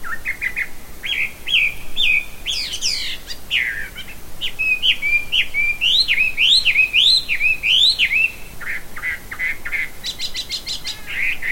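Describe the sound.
Bird song of quick chirps and slurred whistled notes, switching to a run of rising-and-falling whistles midway, then rapid high twitters near the end.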